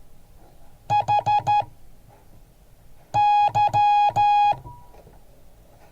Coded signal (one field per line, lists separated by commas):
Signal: Morse code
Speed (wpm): 14 wpm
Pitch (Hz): 830 Hz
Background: none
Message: HY